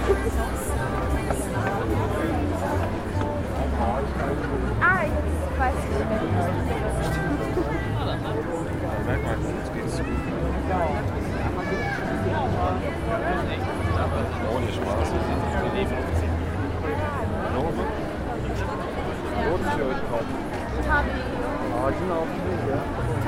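A Christmas market soundscape: a dense, steady wash of overlapping voices and chatter from a crowd, with no single speaker standing out for long. A low rumble runs underneath, and the level stays even throughout, with occasional brief clinks and louder voices.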